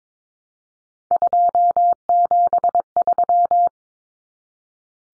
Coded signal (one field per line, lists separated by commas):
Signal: Morse code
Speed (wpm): 22 wpm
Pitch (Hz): 700 Hz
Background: none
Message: 273